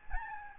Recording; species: mosquito wingbeat signal from an infrared sensor; Aedes albopictus